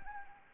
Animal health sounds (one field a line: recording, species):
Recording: mosquito wingbeat signal from an infrared sensor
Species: Anopheles arabiensis